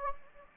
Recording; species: mosquito wingbeat signal from an infrared sensor; Anopheles gambiae